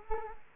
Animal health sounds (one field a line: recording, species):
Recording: mosquito wingbeat signal from an infrared sensor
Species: Culex quinquefasciatus